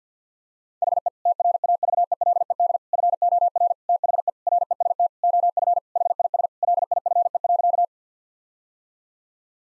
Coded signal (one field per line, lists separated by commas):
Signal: Morse code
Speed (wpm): 50 wpm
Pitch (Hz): 700 Hz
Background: none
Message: HE TRAVELED FOR THE REST OF HIS LIFE.